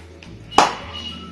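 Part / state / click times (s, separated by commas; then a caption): metal clasp lock on a clutch purse / seated / 0.6 s. The metal clasp lock of a fabric or faux-leather clutch purse is snapped shut. A faint tick comes at 0.2 s, then a sharp, bright metallic click at 0.6 s rings briefly before fading. The clasp has clicked shut.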